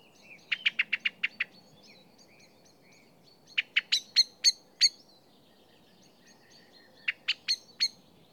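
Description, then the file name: Common blackbird giving sharp, clicking chink calls in quick bursts of four to six notes, separated by pauses, with faint soft twittering between the bursts. "Turdus merula"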